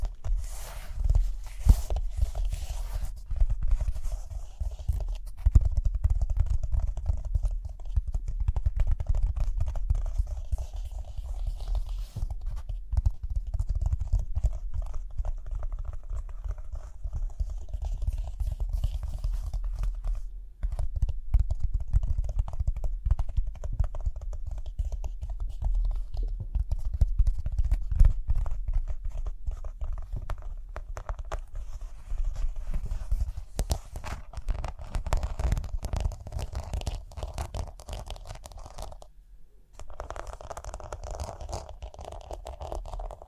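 Rhinestones are tapped, scratched and brushed in a dense, uneven stream of small clicks and scrapes that runs through all 43 seconds. A low rumble sits steadily underneath. Near the 39-second mark the sound briefly drops out before the light tapping resumes.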